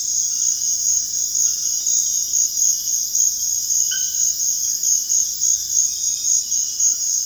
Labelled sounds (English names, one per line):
none